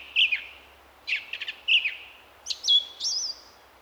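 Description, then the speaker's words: Song thrush song, short sharp whistled and rattling notes in quick bursts, ending with a clear whistle. Repeated phrases, including one likened to 'pieces of eight'. "the pieces of eight."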